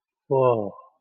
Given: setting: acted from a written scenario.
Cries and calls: vocal sound without words; awe

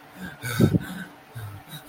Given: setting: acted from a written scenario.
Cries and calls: vocal sound without words; fear

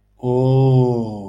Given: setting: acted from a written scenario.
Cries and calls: vocal sound without words; awe

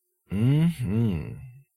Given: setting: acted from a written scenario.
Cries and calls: vocal sound without words; desire

